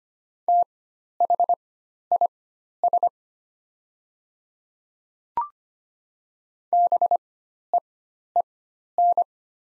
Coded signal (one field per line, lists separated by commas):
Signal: Morse code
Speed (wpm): 25 wpm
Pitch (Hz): 700 Hz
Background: none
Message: THIS BEEN